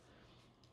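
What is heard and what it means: A FACOM axial torque screwdriver set to a low torque of about 2 N·m is tightening a screw, and its internal clutch breaks away at the set torque. A faint click is heard at 0.6 s as the clutch snaps and the driver freewheels without turning the screw further.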